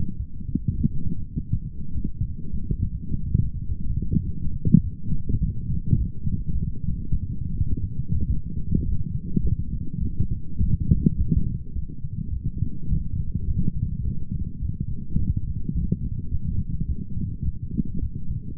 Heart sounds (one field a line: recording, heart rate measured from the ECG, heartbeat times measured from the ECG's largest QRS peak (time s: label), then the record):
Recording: heart sounds by stethoscope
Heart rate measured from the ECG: 104 bpm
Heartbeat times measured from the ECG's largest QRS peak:
0.17 s: heartbeat
0.76 s: heartbeat
1.34 s: heartbeat
1.93 s: heartbeat
2.51 s: heartbeat
3.09 s: heartbeat
3.67 s: heartbeat
4.24 s: heartbeat
4.82 s: heartbeat
5.39 s: heartbeat
5.96 s: heartbeat
6.53 s: heartbeat
7.10 s: heartbeat
7.68 s: heartbeat
8.26 s: heartbeat
8.84 s: heartbeat
9.42 s: heartbeat
10.00 s: heartbeat
10.58 s: heartbeat
11.16 s: heartbeat
11.73 s: heartbeat
12.31 s: heartbeat
12.88 s: heartbeat
13.46 s: heartbeat
14.03 s: heartbeat
14.60 s: heartbeat
15.17 s: heartbeat
15.73 s: heartbeat
16.30 s: heartbeat
16.86 s: heartbeat
17.43 s: heartbeat
18.00 s: heartbeat
18.57 s: heartbeat
From the record:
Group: healthy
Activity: light exercise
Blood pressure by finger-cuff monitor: 109/76 mmHg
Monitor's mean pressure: 87 mmHg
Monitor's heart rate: 105 bpm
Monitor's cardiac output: 8.6 L/min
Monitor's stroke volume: 82 mL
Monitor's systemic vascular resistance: 710 dyn s/cm5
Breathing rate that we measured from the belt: 24 breaths a minute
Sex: male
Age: 19 years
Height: 178 cm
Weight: 83 kg